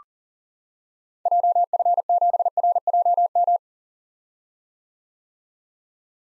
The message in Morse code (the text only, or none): JF7RJM